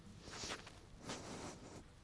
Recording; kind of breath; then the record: one breath in and out by a microphone near the nose and mouth; strong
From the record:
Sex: male